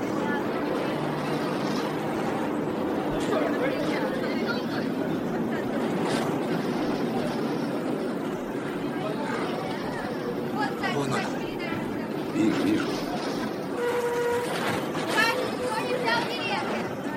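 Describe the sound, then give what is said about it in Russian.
A crowded tram ride with a steady mechanical rumble and rattle, passengers chattering throughout, and brief high squealing tones near the end. “Спокойно, ты меня от радости чуть с трамвая не спихнул.”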